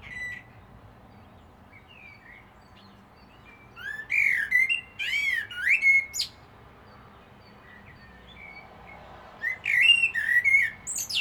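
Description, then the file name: Common blackbird song: faint whistled notes, then a run of fluted phrases each ending in squeaky high notes, with a final burst near the end. "Turdus merula"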